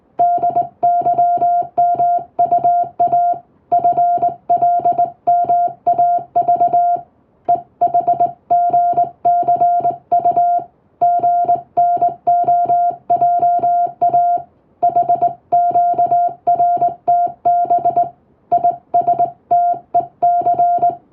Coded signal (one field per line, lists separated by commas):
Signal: Morse code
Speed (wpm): 20 wpm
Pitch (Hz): 700 Hz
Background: music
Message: DYMUA FLMAV EHGCU GNOJA HQRTB ISTEC